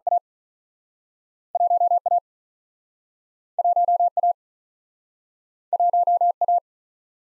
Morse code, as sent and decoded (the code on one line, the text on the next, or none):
.- / .---- / .- / .---- / .- / .---- / .-
A 1 A 1 A 1 A